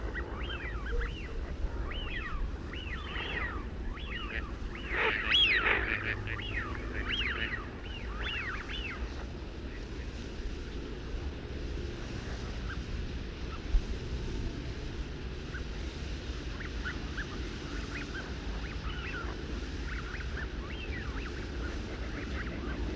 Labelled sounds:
Eurasian Wigeon (Mareca penelope) call
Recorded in the wild
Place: Kleiner Jasmunder Bodden, Insel Rügen, Mecklenburg-Vorpommern, DE
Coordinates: 54.93, 13.53
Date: 1969-10-07 07:45
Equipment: Nagra III BH, Sennheiser MD 21, parabola
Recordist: Schubert, Michael

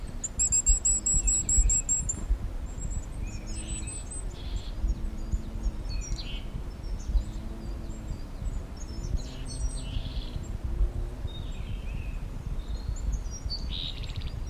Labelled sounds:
Willow Tit (Poecile montanus)
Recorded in the wild
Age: adult
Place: Mirnock, Kärnten, AT
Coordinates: 46.758, 13.714
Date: 1968-04-15
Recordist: Brunner, Thomas

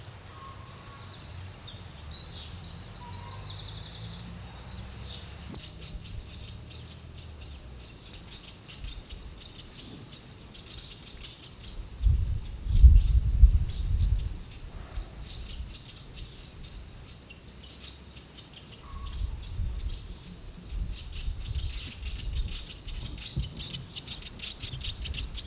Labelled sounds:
Common House Martin (Delichon urbicum) alarm call
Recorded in the wild
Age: adult
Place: Schloß Holte-Stukenbrock, Senne, Nordrhein-Westfalen, DE
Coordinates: 51.8667, 8.66667
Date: 1973
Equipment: Uher 4200 Report Stereo, Bändchenmikro Beyer M 260, Parabolspiegel Polyester (600 mm)
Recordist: Conrads, Klaus
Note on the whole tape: Stukenbrock, Furlbach-Gebiet. Alarmrufe. Ungenaue Datumsangabe: 15. bis 20.06.1973

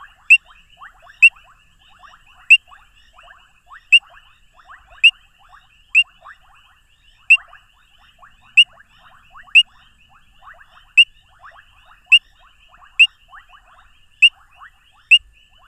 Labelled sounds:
Painted Reed Frog (Hyperolius marmoratus) call
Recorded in the wild
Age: adult
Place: Hoedspruit, Marepe Lodge, ZA
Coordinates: -24.45, 30.84
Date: 1995-02-13 20:11
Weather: 28°C
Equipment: Sony TCD-D3, Sennheiser ME 80, K 30 AV
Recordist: Fischer, Werner

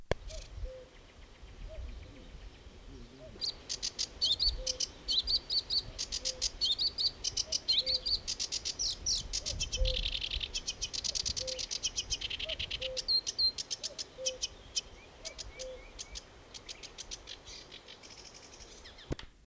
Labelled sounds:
Sedge Warbler (Acrocephalus schoenobaenus) song, Common Cuckoo (Cuculus canorus)
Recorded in the wild
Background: Cuculus canorus
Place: Hüde, Niedersachsen, DE
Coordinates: 52.4833, 8.35
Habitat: lake
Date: 1969-05-15
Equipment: Uher 4000 Report-S, Bändchenmikro Beyer M 260, Parabolspiegel Polyester (470 mm)
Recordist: Conrads, Klaus
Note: Naturpark Dümmer, am Dümmersee. Männchen: Gesang

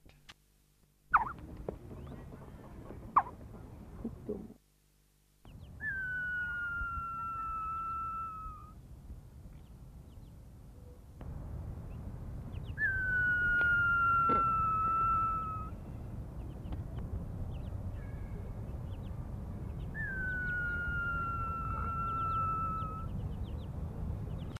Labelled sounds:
Greater Rhea (Rhea americana) call
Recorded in captivity
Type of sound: call
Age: juvenile
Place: Zoo Osnabrück
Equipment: Halbspur, 9,5 cm/s
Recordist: Lütgens, Hans
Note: Junges in Hand, Rufe

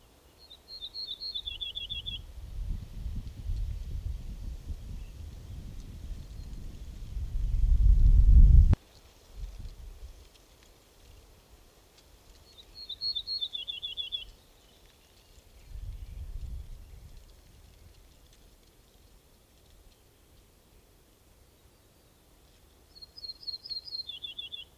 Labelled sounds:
Ortolan Bunting (Emberiza hortulana) song
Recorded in the wild
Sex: male
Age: adult
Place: Lemgow, OT Puttball, Wendland, Niedersachsen, DE
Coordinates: 52.9244, 11.2839
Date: 1969-05-25
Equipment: Uher 4000 Report-S, Bändchenmikro Beyer M 260, Parabolspiegel Polyester (470 mm)
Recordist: Conrads, Klaus
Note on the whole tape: Bei Puttball. Gesang. Teilweise Windgeräusche

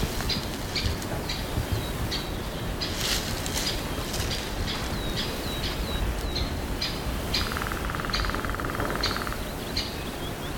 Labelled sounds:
Lesser Spotted Woodpecker (Dendrocopos minor) drumming
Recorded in the wild
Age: adult
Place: Mühlenbecker Wald, Brandenburg, DE
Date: 1987-04-19 11:40
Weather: overcast, 15°C
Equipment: Nagra SN, Kopie Tesla B 116
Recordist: Tembrock, Günter

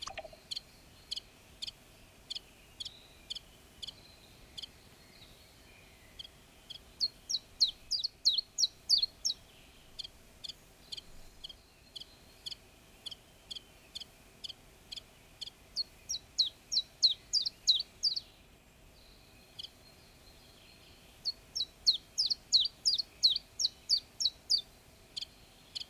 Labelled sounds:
Common Chiffchaff (Phylloscopus collybita)
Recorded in the wild
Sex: male
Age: adult
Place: Horn-Bad Meinberg, Eggegebirge, Nordrhein-Westfalen, DE
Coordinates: 51.8503, 8.92694
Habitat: beech forest
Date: 1965-06-20
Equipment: Uher 4000 Report-S, Bändchenmikro Beyer M 260, Parabolspiegel Polyester (470 mm)
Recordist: Conrads, Klaus
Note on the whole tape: Tangenbachtal bei Horn. Männchen: Rufe und Gesang

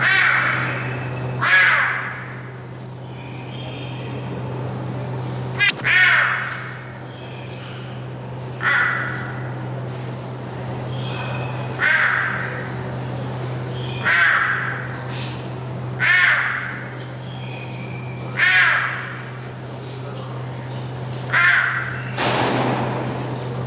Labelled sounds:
Clouded Leopard (Neofelis nebulosa)
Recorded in captivity
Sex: female
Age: adult
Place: Tierpark Berlin, Berlin, DE
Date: 1982-12-24 11:00
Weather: bedeckt, -2°C
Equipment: Nagra SN, Sennheiser MKH 416 T, Kopie Uher 4200
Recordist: Tembrock, Günter

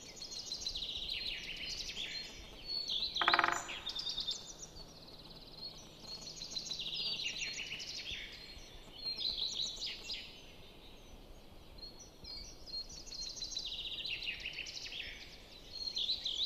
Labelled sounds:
Great Spotted Woodpecker (Dendrocopos major) drumming
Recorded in the wild
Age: adult
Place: Goriner Forst, Naturpark Barnim, Brandenburg, DE
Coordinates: 52.7038, 13.4911
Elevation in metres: 77
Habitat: deciderous forest
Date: 2014-04-27
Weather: cloudy, 15°C, weak wind
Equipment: Sound Devices 702, Sennheiser MKH 70, Rycote Windschutz
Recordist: Frommolt, Karl-Heinz

